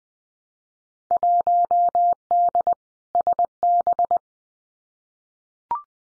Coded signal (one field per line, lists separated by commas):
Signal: Morse code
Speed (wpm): 19 wpm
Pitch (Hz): 700 Hz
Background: none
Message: 1D SB